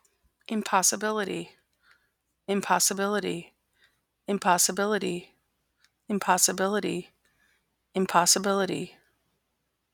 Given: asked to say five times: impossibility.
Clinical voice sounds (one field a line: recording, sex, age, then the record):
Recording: repeated word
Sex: female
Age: 30 to 39 years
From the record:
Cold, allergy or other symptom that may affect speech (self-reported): no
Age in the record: 36 years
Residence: Wisconsin, United States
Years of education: 18